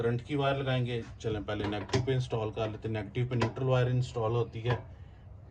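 Someone talks while handling the neutral welding cable's twist-lock plug at the negative panel socket of a FuGu welding plant. Nothing has seated or clicked yet; the plug is not yet pushed in and twisted home.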